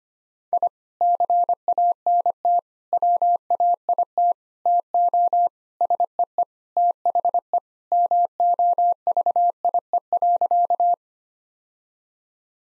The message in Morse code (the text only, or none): I CANT WAIT TO SEE THE MOVIE.